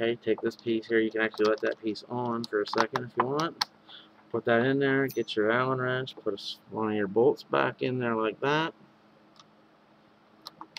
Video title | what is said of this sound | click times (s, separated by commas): VAPE REPAIR, SMOK KOOPER PRIMUS 300 510 THREAD TIGHTNING | make sure everything's like down in there boom boom clicks right in the spot | 10.5 s, 10.8 s